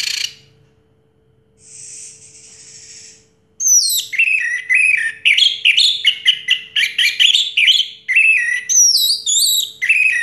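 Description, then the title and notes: Orange-headed thrush song: after a short note and a soft hissing sound, a fast, varied run of whistled and chattering phrases that continues to the end. Song in the teler style, described as clear-voiced; from a complete collection of this species' sounds. "Anis Merah Teler Suara Jernih. kumpulan suara anis merah lengkap"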